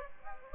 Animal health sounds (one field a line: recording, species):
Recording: mosquito wingbeat signal from an infrared sensor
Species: Aedes aegypti